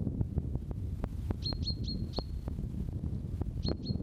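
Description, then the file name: Common chaffinch calls: short high thin notes given in a quick series, then two more after a pause, over steady low wind rumble and scattered clicks. "Fringilla coelebs"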